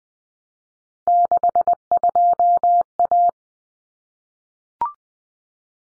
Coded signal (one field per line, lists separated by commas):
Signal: Morse code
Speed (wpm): 20 wpm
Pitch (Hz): 700 Hz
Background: none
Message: 62A